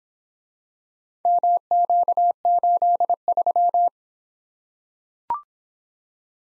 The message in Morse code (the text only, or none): MQ83